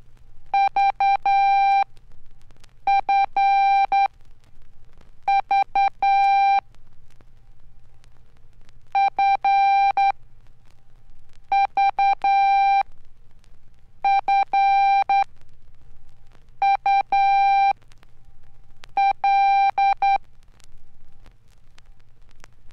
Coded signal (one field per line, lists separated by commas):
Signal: Morse code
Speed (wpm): 10 wpm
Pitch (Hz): 790 Hz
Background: none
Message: V F V F V F U L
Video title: Bob Gunderson – Learn Code The Easy Way (Morse Code training record - Archer/Tandy/Radio Shack 1969)